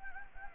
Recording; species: mosquito wingbeat signal from an infrared sensor; Anopheles gambiae